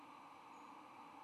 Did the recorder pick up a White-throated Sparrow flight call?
no